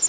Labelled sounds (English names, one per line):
Prairie Warbler flight call